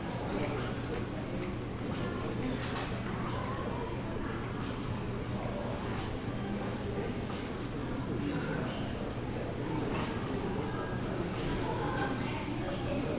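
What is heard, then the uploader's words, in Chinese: Steady airport hall ambience with a dense murmur of voices, a constant low hum, and occasional footsteps and clatters throughout. 松山機場。記得當時散步累了,就在機場大廳隨意的找個地方坐著休息。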